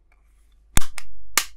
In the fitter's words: can hear that snaping make sure the buttons press that's good